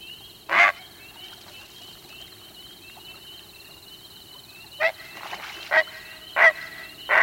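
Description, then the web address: Heron giving short, harsh, croaking calls, one early and then four more in quick succession, over a continuous high-pitched whine. At night. "A Guide to Night Sounds. Herons"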